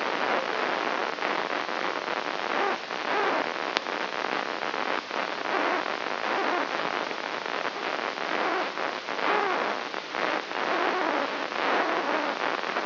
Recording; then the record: brain microelectrode recording played as sound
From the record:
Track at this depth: outside the subthalamic nucleus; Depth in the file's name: 7.06 mm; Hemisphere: left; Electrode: 3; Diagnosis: Parkinson's disease